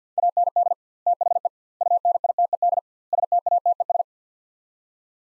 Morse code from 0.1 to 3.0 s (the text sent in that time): AND THE UNITED